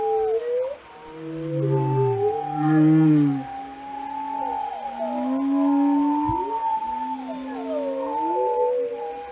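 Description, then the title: Whale sounds: low moaning tones and sliding higher squeals overlap, with bending glides repeating irregularly and a brief low thump midway. "Whale Watching: A Close Encounter with the Giants of the Sea"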